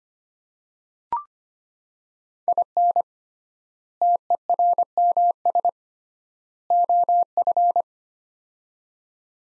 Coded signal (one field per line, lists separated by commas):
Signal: Morse code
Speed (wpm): 25 wpm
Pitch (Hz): 700 Hz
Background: none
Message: IN TERMS OF